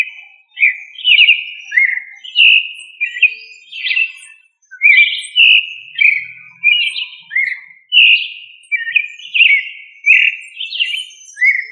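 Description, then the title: Thrush song: a continuous run of varied whistled and warbled phrases, fluty and slurred, delivered in quick succession with short gaps. "Familia Turdidae - Sabia"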